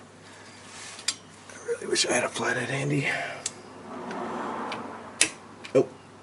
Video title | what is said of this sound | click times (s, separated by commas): 1968 MGC Drum Brake Rebuild | there we go. Snapped right in place. | 5.2 s